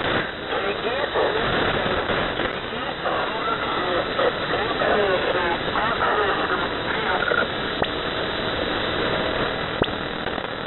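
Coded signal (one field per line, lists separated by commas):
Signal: coded military voice message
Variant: The Squeaky Wheel, Russian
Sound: male voice reading Russian words through heavy shortwave static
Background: radio static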